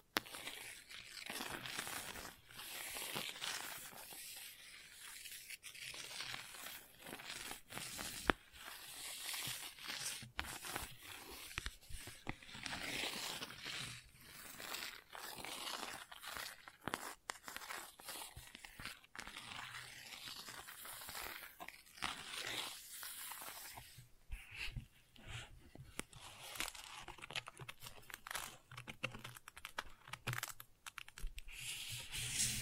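Gentle scratching runs through the whole clip as a dense, bright, crackly rustle. It rises and falls in soft waves, dotted with frequent small clicks and taps that come irregularly, with one sharper tap just after eight seconds.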